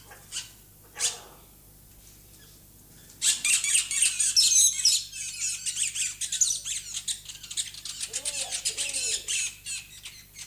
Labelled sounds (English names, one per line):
Diamond Dove courtship call